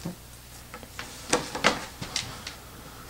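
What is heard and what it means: The plastic side panel of a phone lockup box is handled and pressed along its edge into the base. Several short, sharp plastic taps and rubs are heard, with the loudest around 1.3, 1.7 and 2.2 seconds. The panel has not seated or snapped into place yet.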